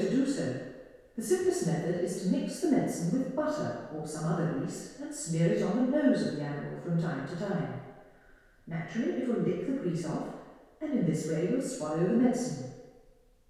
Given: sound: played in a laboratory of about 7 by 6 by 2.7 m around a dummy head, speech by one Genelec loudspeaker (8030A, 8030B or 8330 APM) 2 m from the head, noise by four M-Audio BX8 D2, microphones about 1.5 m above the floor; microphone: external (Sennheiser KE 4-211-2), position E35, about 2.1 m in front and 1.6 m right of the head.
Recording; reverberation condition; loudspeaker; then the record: female speech in English; high; 90 degrees to the right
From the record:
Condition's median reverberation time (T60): about 1300 ms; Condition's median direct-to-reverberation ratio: about -4.0 dB